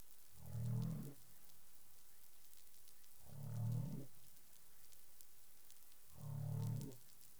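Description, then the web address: Humpback whale calls, three deep rumbling moans with harmonic overtones, spaced about every three seconds, against a continuous hissing underwater background. Caribbean; 20 April 2021 at 04:08 UTC. "CARIMAM. humpback whale"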